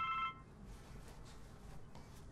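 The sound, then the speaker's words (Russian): A brief electronic phone ring, a bright warbling tone that chirps for a fraction of a second and cuts off, leaving low, steady background noise. “Ей звонит Петя.”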